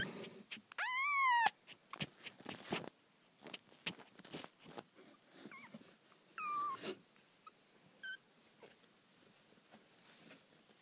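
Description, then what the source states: Cat: kitten mews: one loud harmonic mew arching up and down near the start, then several shorter, softer mews, with scattered clicks and rustling between them. Kittens, more than one.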